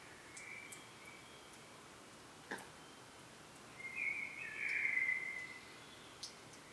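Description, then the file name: Common blackbird singing a single soft warbling phrase midway through, with a sharp click before it. "Turdus merula"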